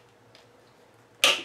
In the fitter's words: and you'll hear it click